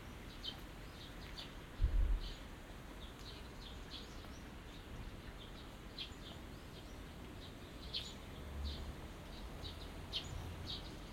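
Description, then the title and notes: Several small birds chirping and twittering steadily throughout, with high short notes in clusters, a low thump early on and a constant low hum. Binaural recording of small birds singing in a small garden in a corner of Yushima Tenjin shrine, Tokyo, Japan, surrounded by buildings, after rain. "小鳥のさえずり、雨上がりの庭園にて（Binaural）- Birds singing in the garden. 湯島天神の片隅にある小さな庭園で録音しました。"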